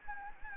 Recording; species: mosquito wingbeat signal from an infrared sensor; Anopheles gambiae